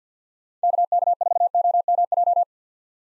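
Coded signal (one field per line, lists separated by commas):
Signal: Morse code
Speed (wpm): 50 wpm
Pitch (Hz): 700 Hz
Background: none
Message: KK4OMJ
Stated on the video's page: Morse call sign head-copy drill at 50 wpm: common POTA hunter call signs, each sent, then sent again.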